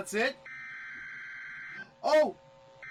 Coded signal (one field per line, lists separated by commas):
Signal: Emergency Alert System (SAME) tones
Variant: header bursts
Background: speech